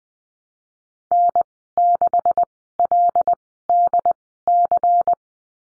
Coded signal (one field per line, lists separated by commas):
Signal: Morse code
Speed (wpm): 20 wpm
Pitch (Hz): 700 Hz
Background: none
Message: N6LDC